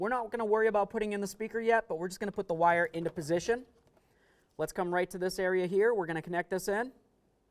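Someone talks while routing the speaker wire inside the front door of a 2009-2020 Dodge Journey during a window regulator replacement, bringing the plastic door wiring harness connector up to its mating plug. The speech pauses briefly around 3.8 to 4.6 seconds, then resumes. The connector has not been pushed home and nothing has seated or clicked yet.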